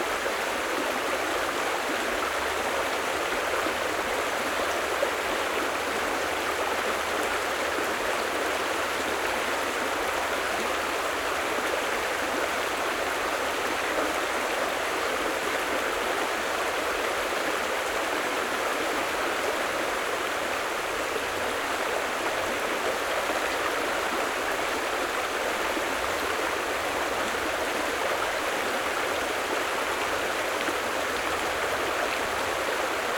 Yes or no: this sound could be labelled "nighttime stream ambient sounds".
yes